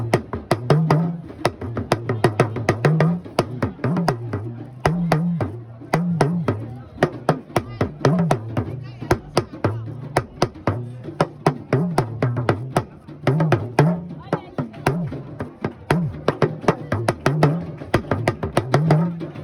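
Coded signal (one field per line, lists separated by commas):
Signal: talking drum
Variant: Yoruba dùndún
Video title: Yoruba Talking drum #yorubaculture #talkingdrum #talkingdrummer #africa #yoruba #madeforyou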